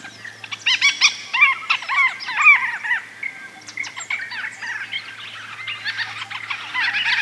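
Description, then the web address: Hall's babbler chattering calls: a busy run of harsh, downslurred notes in quick bursts, with a low steady hum beneath. "sound Hall's-babbler. صدای-پرنده-لیکویی-هل"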